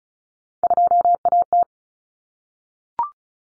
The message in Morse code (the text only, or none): 2AT